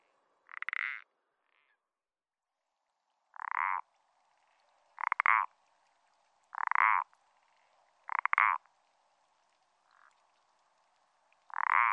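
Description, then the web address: Parsley frog giving several brief, creaky, grating croaks at uneven intervals, with two faint softer calls in between. Recorded in France. "AMPHIBIANS-IN-FRANCE Parsley frog"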